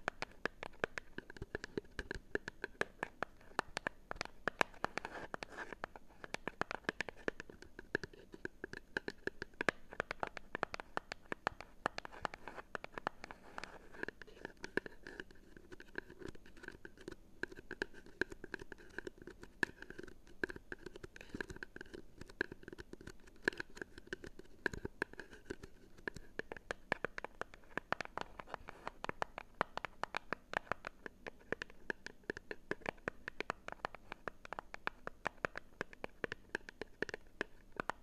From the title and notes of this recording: ASMR Cardboard Taps! (No Talking).